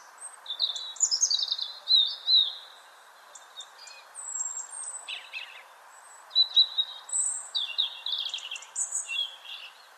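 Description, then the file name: European robin delivering varied high-pitched phrases, scratchy trills mixed with clear thin whistles, in several bursts separated by short pauses, against a low constant hiss. "Erithacus rubecula"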